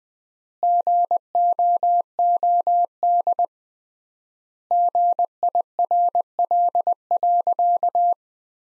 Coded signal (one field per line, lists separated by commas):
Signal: Morse code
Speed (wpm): 20 wpm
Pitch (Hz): 700 Hz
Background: none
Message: GOOD GIRL.